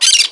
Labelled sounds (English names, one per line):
Brown-throated Parakeet contact call